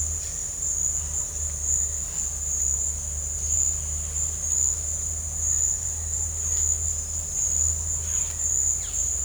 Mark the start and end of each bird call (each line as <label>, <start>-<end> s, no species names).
bird call, 8.03-8.37 s
bird call, 8.73-9.01 s